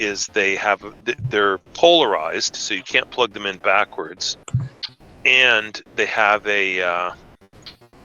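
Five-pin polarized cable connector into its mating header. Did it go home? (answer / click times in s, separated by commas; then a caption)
no / none. Someone talks while handling a five-pin polarized cable connector, a type that cannot be plugged in backwards, before plugging a cable into its mating header. Two faint short sounds occur near the end at about 7.7 s and 7.9 s, but nothing has seated or clicked yet when the clip ends.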